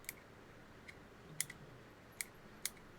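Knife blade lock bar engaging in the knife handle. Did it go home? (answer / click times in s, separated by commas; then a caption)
yes / 1.4 s, 2.2 s, 2.7 s. A Reate Exo gravity pocket knife is opened and closed, and each time the blade moves, its locking bar snaps into the lock position in the handle. Sharp, bright clicks sound at 1.4, 2.2 and 2.7 seconds, with fainter ticks between them. The lock seats cleanly each time.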